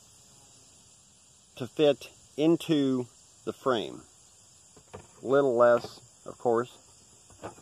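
A magnifying Fresnel lens sheet of matching size is handled for pressing into the handheld frame of a solar scorcher while someone talks over a steady high-pitched insect-like hum. Nothing has seated or clicked yet.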